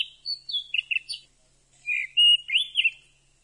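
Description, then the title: Oriental magpie-robin song, two short bursts of clear whistled and chirpy notes, mostly high and varied, separated by a brief pause, with a quiet background. "Kacer"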